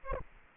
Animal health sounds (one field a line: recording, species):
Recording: mosquito wingbeat signal from an infrared sensor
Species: Aedes aegypti